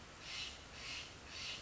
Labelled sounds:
Steller's Jay (Cyanocitta stelleri)
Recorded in Sonoma County, California

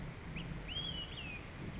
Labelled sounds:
Olive-sided Flycatcher (Contopus cooperi)
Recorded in Sonoma County, California

